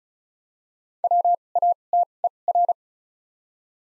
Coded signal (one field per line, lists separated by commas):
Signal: Morse code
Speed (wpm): 34 wpm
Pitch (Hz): 700 Hz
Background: none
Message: W A T E R